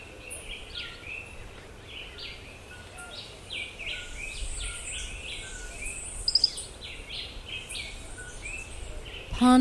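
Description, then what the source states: Birds chirp and whistle in an overlapping chorus, with a short rapid trill near six seconds, over steady background hiss, ending in a sudden loud noise. Forest.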